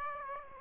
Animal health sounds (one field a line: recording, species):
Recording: mosquito wingbeat signal from an infrared sensor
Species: Aedes aegypti